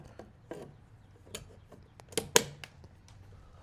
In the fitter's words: All right. The mirror clicks back in.